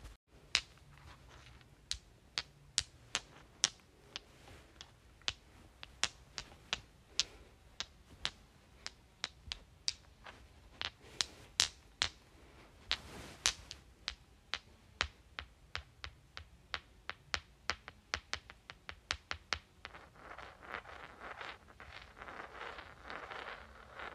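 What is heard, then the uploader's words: Rocks click together in sharp, dry taps, roughly two or three per second, fairly regular, for most of the clip. Around the middle there are a couple of longer scraping sounds, and near the end the taps thin out into a grainy rubbing. Clicking and Rubbing Rocks.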